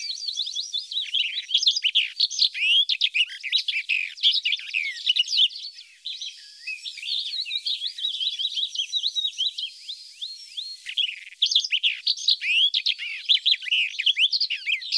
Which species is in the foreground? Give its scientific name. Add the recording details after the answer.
Sylvia nisoria. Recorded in the wild. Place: Flögelner See, Schleswig-Holstein, DE. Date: 1981-06-05. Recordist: Schwarz, Dieter. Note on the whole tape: Song